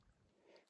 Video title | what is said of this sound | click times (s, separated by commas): Transformers thrilling 30 acid storm & venin review. Generations legends class T30 collection | oh why is that not clicking in | none